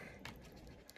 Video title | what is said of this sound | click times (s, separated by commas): G.I. Joe Classified Series Snake Eyes & Timber 2 Pack Review & Unboxing | until you hear the click and there you go now he's got the angry face | 0.2 s